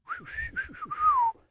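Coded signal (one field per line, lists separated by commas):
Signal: whistled language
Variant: improvised whistled English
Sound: a short whistled phrase of about five gliding syllables, ending in a falling tone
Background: small room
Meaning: There is wood over there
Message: there's wood over there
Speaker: So like if you were saying there's wood over there, you'd be like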